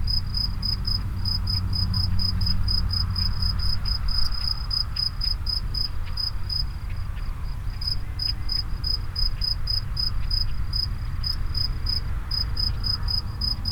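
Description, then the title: Grasshopper stridulation of rapid, evenly spaced high clicks running without pause, over a continuous low rumble with faint sliding hums. Locusts near the Henri Bridge at Niévroz. "Niévroz, Locusts near the Henri Bridge - Criquets vers le Pont Henri"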